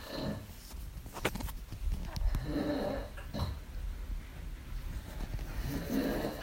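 Low, rough rumbling snores rise and fade with each breath, roughly every four seconds, about 15 breaths a minute. This is ordinary night-time snoring, with faint room clicks in the background.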